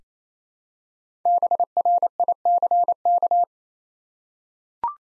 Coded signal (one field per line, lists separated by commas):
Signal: Morse code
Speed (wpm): 27 wpm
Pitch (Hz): 700 Hz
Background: none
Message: BRICK